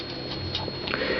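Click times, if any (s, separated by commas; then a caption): 0.9 s. Spring-loaded plastic landing gear on a Transformers Animated Starscream transforming jet toy is pushed down into the toy's body, past the spring point, until it locks in place. Soft handling sounds lead to a short, sharp click at 0.9 s as the gear latches down and seats.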